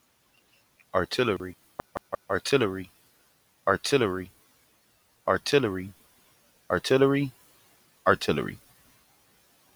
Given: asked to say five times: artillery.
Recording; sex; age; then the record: repeated word; male; 30 to 39 years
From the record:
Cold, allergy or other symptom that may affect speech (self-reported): no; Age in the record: 32 years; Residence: Florida, United States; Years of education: 16